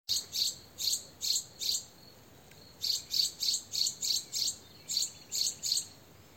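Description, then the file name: Eurasian wren giving sharp, dry ticking calls, about three per second, in runs separated by short pauses. "Troglodytes troglodytes"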